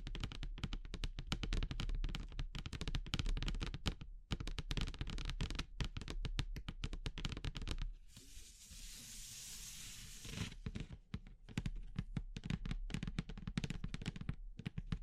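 Dense, rapid tapping and clicking on wood and bamboo runs throughout, broken around eight to ten seconds by a steady bright rustle of straw.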